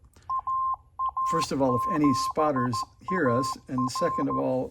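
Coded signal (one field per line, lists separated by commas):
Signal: Morse code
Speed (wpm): 14 wpm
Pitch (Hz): 1050 Hz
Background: speech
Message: AA7AR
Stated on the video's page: NC40A transceiver on the bench exhibiting odd blips and clicks.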